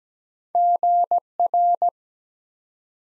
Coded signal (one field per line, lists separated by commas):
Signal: Morse code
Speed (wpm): 17 wpm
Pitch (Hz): 700 Hz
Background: none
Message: GR